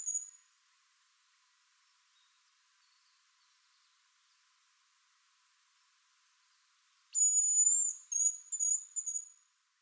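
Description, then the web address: Hazel grouse giving thin, very high whistles: a brief note at the start, then after a long silence a drawn-out whistle followed by several shorter trailing notes. Recorded at Furano on 20 April 2016. "koe ezoraicho 160420 furano cf"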